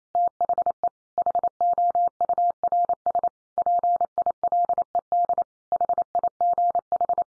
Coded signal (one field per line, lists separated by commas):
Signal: Morse code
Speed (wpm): 28 wpm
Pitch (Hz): 700 Hz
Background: none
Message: THE HOURS PILED HIGH